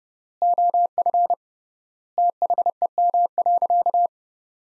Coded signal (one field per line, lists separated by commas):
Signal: Morse code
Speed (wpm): 30 wpm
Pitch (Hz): 700 Hz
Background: none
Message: OF THEM.